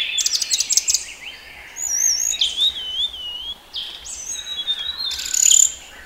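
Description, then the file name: Blue-throated flycatcher song: high, wavering whistled phrases sliding up and down, with bursts of quick clicking notes. Song presented as therapy audio ('audio terapi'). "audio terapi sikatan blue throated omkicau"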